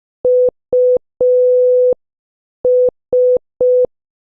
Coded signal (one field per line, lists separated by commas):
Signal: Morse code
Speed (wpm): 5 wpm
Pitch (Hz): 500 Hz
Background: none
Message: US